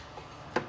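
During an overhaul of a Fiat Panda 900ie steering box, the steering bushing is pushed down into its housing after several tries where it would not go down. A quiet background gives way to a single sharp knock at 0.6 s as the bushing drops into its seat, and it is fully seated.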